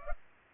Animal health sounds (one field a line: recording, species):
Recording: mosquito wingbeat signal from an infrared sensor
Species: Culex pipiens